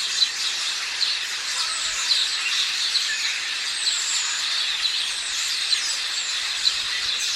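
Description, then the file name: House sparrow chirps, short sharp notes repeated about once a second over a dense, steady chorus of many chattering birds. "Passer domesticus"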